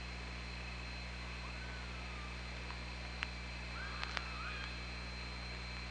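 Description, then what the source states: Killer whale calls: faint tonal, bending whistle-like calls near one and a half and four seconds, with a few sharp clicks over steady underwater hum and hiss. OrcaLab hydrophone, 24 August 2017, 07:09.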